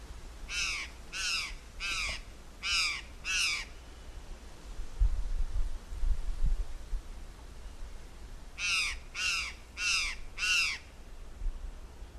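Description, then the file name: Curl-crested jay giving harsh, crow-like calls in two bursts, five rapid notes then four more after a pause, over a low background rumble. "Cyanocoraxcristatellus"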